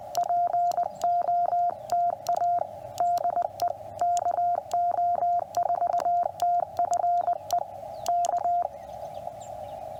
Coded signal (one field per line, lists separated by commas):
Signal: Morse code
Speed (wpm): 21 wpm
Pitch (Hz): 700 Hz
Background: radio noise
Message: POTA DE KO4TFE K